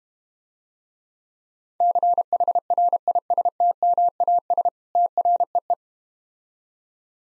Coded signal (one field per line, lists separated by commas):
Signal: Morse code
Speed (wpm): 32 wpm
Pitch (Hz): 700 Hz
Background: none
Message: CHRISTMAS TREE